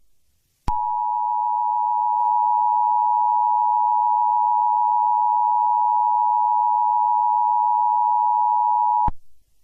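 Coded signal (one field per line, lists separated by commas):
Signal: Emergency Alert System (SAME) tones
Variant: 853 and 960 Hz attention tone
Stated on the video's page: Fictional EAS scenario based on an SCP story.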